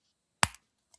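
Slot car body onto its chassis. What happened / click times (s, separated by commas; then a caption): The plastic body snapped onto its chassis / 0.4 s. A hard plastic slot car body is pressed back onto its chassis, the way a Carrera car body clicks in. A sharp, loud snap at 0.4 s seats the body, followed by a brief softer tick and a faint tap. The body goes back on nicely.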